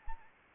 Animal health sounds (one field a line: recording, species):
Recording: mosquito wingbeat signal from an infrared sensor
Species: Anopheles arabiensis